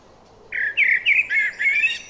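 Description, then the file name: Common blackbird giving a short run of five rich, whistled warbling notes in quick succession. "Turdus merula"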